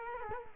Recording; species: mosquito wingbeat signal from an infrared sensor; Culex quinquefasciatus